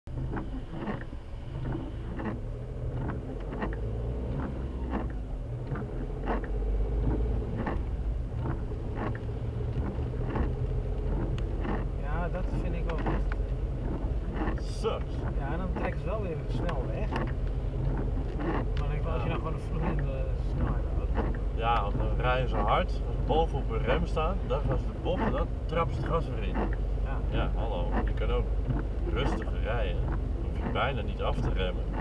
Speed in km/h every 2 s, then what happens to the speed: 10, 23, 31, 37, 42, 47, 45, 44, 45, 48, 49, 50, 49, 50, 48, 48.
0-9 speeds up to 47. 9-15 steady at about 45. 15-21 speeds up to 50. 21-32 steady at about 49.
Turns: none.